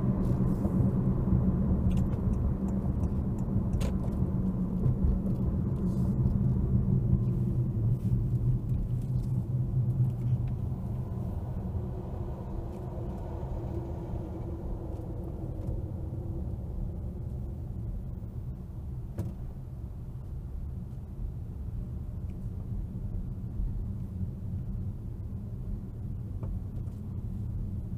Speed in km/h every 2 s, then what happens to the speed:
56, 53, 47, 34, 27, 19, 18, 21, 16, 16, 23, 23, 23, 21.
0-11 slows to 18. 11-18 steady at about 16. 18-20 speeds up to 23. 20-28 steady at about 23.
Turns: none.